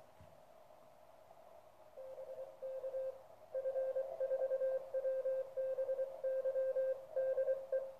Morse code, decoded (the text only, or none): BK F4WBY DE